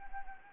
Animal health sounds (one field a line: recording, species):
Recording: mosquito wingbeat signal from an infrared sensor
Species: Anopheles arabiensis